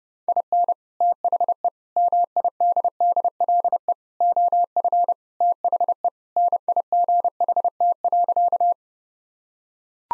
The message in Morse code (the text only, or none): IN THE MIDDLE OF THE NIGHT.